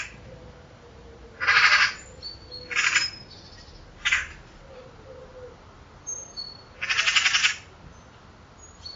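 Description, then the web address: Bird giving repeated raspy, buzzy calls, two of them long and grating, separated by quieter short notes and thin high whistles. Call class labelled "Pi Pi Pi Pi" in a 2025 bird-only dataset. "Bird Only More Classes Pi Pi Pi Pi"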